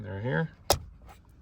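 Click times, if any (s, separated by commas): 0.7 s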